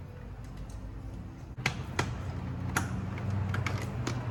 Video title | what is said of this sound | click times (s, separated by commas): How to replace Chevy impala window regulator assembly #autorepair #howto | You know, they plug in good when you hear them click. | 1.7 s, 2.0 s, 2.8 s